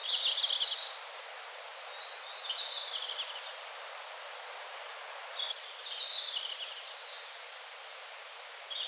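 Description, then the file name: Red-flanked bluetail: a short, high warble at the start, followed by fainter scattered thin notes against a steady hiss. "ruribi"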